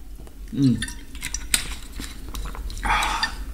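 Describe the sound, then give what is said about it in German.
Someone sips water: a glass clinks and taps a few times, followed by a short, soft gulping noise near the end, with no one talking. “Ich muss mal einen Schluck Wasser trinken.”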